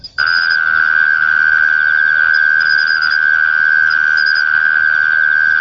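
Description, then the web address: Mole cricket song: a continuous, even, high-pitched trill that starts abruptly and holds steady throughout. "sikioto insect kera"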